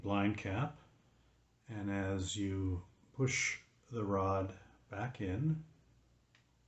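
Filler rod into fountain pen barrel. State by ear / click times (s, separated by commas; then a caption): not seated / none. Someone talks while handling the blind cap and filler rod of a vacuum-filling Asvine fountain pen as the rod is pushed back into the barrel. The rod has not snapped in or seated yet by the end of the clip.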